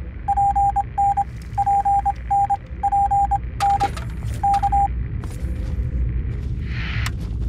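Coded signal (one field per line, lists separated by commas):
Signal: Morse code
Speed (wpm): 25 wpm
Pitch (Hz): 800 Hz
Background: none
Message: PN PN PN K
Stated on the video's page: In-game Morse from Fallout 3 relay tower radio signal Papa November, activated by a transformer switch at a broadcast tower.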